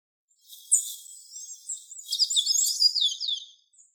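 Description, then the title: Golden-chevroned tanager singing a rapid, high-pitched twitter of squeaky, sibilant notes; a quieter opening leads into a busier, louder chatter lasting a few seconds. "Sanhaçu-de-encontro-amarelo"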